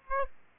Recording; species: mosquito wingbeat signal from an infrared sensor; Aedes aegypti